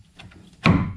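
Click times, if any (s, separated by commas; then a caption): 0.7 s. A refurbished wooden tongue-and-groove siding board is slid back and forth against the adjacent ceiling board, with faint knocks around 0.2 s and 0.3 s. A sharp, loud thunk at 0.7 s marks its tongue-and-groove joint locking into place, and the board is seated.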